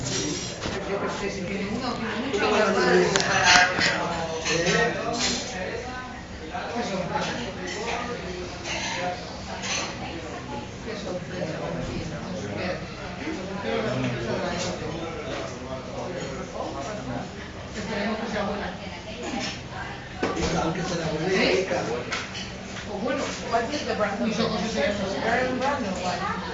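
Exotic chatter in a bar in Barcelona: many voices talking over one another in a dense, unbroken murmur. The din swells loudest in the first five seconds and again briefly around twenty seconds, with sharper clinks and clatters scattered throughout.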